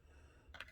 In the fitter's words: slides in locks in place